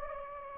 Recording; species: mosquito wingbeat signal from an infrared sensor; Anopheles gambiae